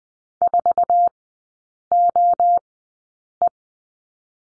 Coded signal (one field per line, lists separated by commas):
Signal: Morse code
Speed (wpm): 20 wpm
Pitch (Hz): 700 Hz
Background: none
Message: 4OE